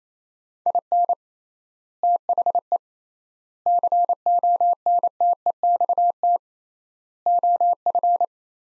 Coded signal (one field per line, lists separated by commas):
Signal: Morse code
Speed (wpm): 27 wpm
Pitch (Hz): 700 Hz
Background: none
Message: IN THE CONTEXT OF